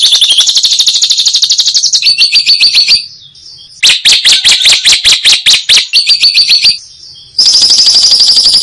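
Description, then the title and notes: Lovebird chattering song: fast runs of sharp high chirps and buzzy trills, broken by two short pauses, then a dense continuous trill at the end. Used as masteran, training material for other songbirds. "Suara Burung Lovbred Buat Masteran"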